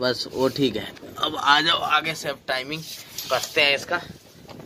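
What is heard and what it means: A homemade timing locking tool is being fitted to the camshaft/crank pulley of a Maruti Suzuki Swift diesel engine to hold the timing. Someone talks throughout, with a brief sharper sound at the very end. Nothing has seated or clicked yet; the clip ends just before the tool locks into place.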